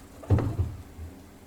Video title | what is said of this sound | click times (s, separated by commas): Installing Ram Mount for Ray Marine Dragonfly 4 | open it up a little bit more pops right in the socket there then you just tighten it down | 0.3 s, 0.4 s